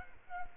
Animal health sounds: mosquito wingbeat signal from an infrared sensor; Culex quinquefasciatus

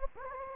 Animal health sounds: mosquito wingbeat signal from an infrared sensor; Anopheles gambiae

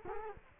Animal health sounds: mosquito wingbeat signal from an infrared sensor; Culex quinquefasciatus

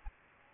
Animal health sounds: mosquito wingbeat signal from an infrared sensor; Aedes aegypti

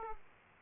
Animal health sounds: mosquito wingbeat signal from an infrared sensor; Aedes aegypti

